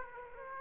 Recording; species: mosquito wingbeat signal from an infrared sensor; Aedes aegypti